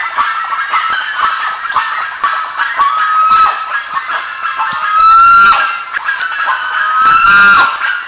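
Bird flock honking and chattering, broken by two loud harsh screaming calls near five and seven and a half seconds, with drawn-out whistled notes between.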